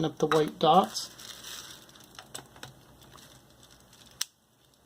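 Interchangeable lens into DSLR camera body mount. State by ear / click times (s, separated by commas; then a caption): seated / 4.2 s. Someone talks while an AF-P interchangeable lens is lined up by its white dot with the white dot on the mount of a D5500 DSLR camera body, then twisted; faint ticks and scrapes follow between about 2.0 and 3.2 s. A sharp click at 4.2 s marks the lens snapping and locking into place on the mount.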